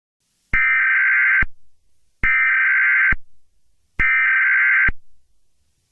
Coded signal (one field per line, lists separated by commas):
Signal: Emergency Alert System (SAME) tones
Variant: header bursts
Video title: The black death is back… ( EAS scenario ) #the #black #death #is #back #horror #youtube #scary